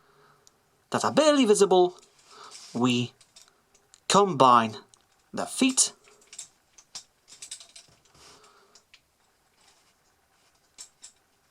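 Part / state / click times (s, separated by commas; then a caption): plastic foot connectors of a transforming robot toy joined to each other / not seated / none. Someone talks while handling the small, barely visible plastic connectors on the feet of a Transformers: The Last Knight Deluxe Barricade transforming robot toy, pushing the feet together. Short plastic taps and rattles of handling follow between and after the speech. The clip ends before the connectors snap, so nothing has seated or clicked yet.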